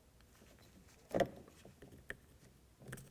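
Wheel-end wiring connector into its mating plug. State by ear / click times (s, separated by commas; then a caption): not seated / none. Wiring connector at the wheel end of the front axle on a 1999–2007 Ford Super Duty F-250 being pushed into its mating plug during a front axle replacement. There is quiet handling with a louder rustling burst around 1.2 s and brief sharp ticks near 2.1 s and 2.9 s. The clip ends before the connector goes home, so nothing has seated or clicked yet.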